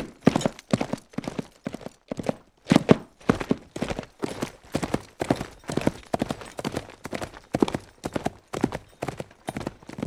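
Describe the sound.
Horse gallop, clear hoofbeats falling in regular groups about every half second, strong and steady from start to finish.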